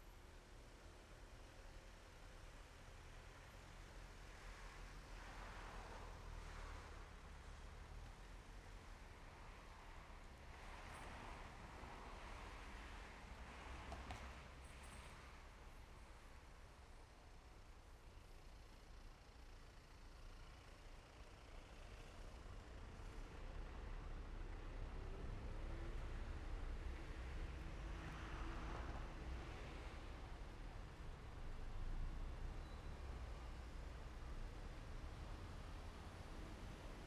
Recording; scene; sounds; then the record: everyday scene through a hearing-aid microphone; in traffic; traffic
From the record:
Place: main road on the outskirts, rush hour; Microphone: behind the ear, left, front